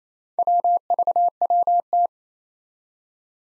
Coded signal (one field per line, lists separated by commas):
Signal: Morse code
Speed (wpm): 27 wpm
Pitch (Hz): 700 Hz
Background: none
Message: WVWT